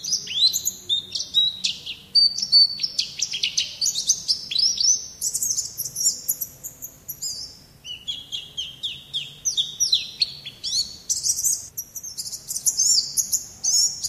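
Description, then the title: White-eye song, a long rapid stream of high, thin twittering and chirping notes, sliding and tumbling continuously with only brief pauses. Song in the ngalas singing style. "Pleci ngalas"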